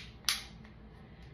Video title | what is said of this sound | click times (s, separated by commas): Daily Work Attire With The Enigma Express Light Bearing Holster. | and you heard that click all right | 0.3 s